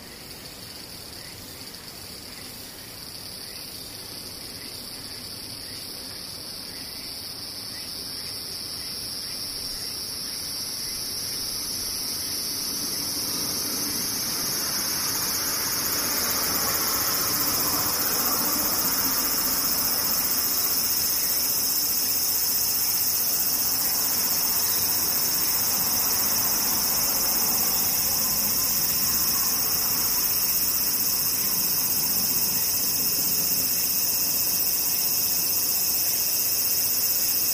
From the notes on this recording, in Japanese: セミ